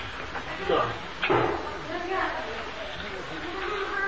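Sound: door being closed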